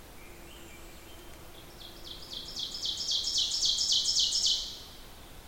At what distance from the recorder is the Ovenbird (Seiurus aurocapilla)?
about 20 m